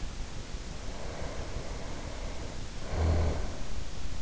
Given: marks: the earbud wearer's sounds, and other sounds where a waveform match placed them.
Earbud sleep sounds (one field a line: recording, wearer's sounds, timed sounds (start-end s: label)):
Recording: sounds in sleep by an in-ear microphone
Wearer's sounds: snoring breath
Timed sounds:
0.61-3.66 s: snoring breath